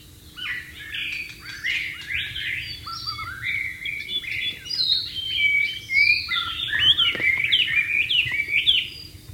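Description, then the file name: White-rumped shama song: a long, dense run of varied whistles and rapid chattering notes that grows louder toward the end. Wild bird, singing in its natural habitat. "suara burung murai batu di alam liar"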